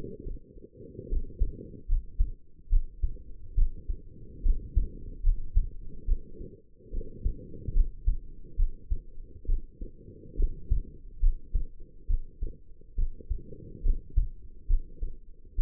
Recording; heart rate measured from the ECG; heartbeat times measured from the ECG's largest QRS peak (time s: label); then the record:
heart sounds by stethoscope; 70 bpm
0.23 s: heartbeat
1.09 s: heartbeat
1.88 s: heartbeat
2.69 s: heartbeat
3.55 s: heartbeat
4.42 s: heartbeat
5.23 s: heartbeat
6.05 s: heartbeat
6.90 s: heartbeat
7.73 s: heartbeat
8.56 s: heartbeat
9.46 s: heartbeat
10.36 s: heartbeat
11.20 s: heartbeat
12.07 s: heartbeat
12.95 s: heartbeat
13.83 s: heartbeat
14.67 s: heartbeat
15.55 s: heartbeat
From the record:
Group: healthy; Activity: rest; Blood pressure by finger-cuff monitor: 104/65 mmHg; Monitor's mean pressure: 77 mmHg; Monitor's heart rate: 71 bpm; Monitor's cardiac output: 5.7 L/min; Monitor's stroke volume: 79 mL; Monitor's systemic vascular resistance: 990 dyn s/cm5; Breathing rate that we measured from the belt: 19 breaths a minute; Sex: female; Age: 22 years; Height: 160 cm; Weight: 45 kg